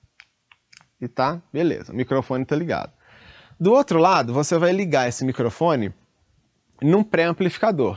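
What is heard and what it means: An XLR (Canon) cable's metal connector is unlatched by pressing its latch button and pulled out of a microphone, giving a sharp click at 0.2 s followed by two fainter clicks at 0.5 s and 0.8 s. The connector is released, and then someone talks.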